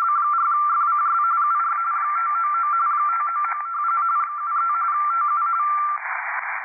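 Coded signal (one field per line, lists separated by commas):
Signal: RTTY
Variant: 45 baud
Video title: VP2MUM (DL2RUM) Using his RUMped contest software on 30M RTTY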